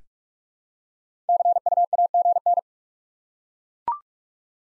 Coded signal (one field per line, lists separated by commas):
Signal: Morse code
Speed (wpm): 42 wpm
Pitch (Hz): 700 Hz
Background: none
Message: CU AGN